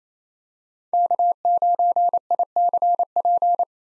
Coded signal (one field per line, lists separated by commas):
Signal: Morse code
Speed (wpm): 28 wpm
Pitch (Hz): 700 Hz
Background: none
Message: K9ICP